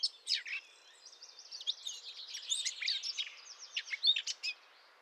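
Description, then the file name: Eurasian blackcap song: a dense, continuous run of quick, varied chattering and warbled notes, jumping up and down in pitch for the whole five seconds. "Sylvia atricapilla"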